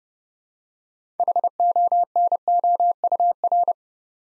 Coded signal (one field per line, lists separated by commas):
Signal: Morse code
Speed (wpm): 29 wpm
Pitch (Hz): 700 Hz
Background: none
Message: HONOUR